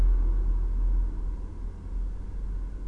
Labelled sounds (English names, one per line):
none